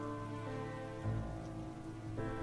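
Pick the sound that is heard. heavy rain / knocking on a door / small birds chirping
heavy rain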